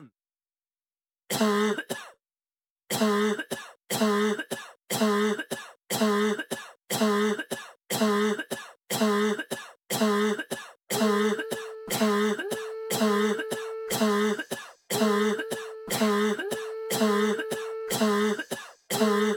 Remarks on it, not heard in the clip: Another one just with the sound of coughs. I just downloaded it. Soundbite of a cough.